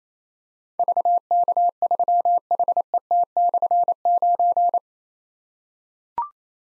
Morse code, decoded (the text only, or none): VK3HET/9